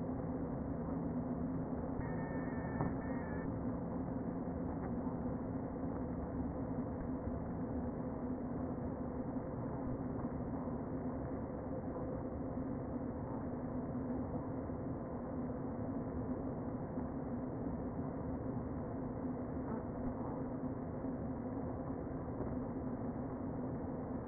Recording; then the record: honeybee colony, microphone inside the hive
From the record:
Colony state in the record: queen present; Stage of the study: before two queens were removed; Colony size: about 60,000 bees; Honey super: yes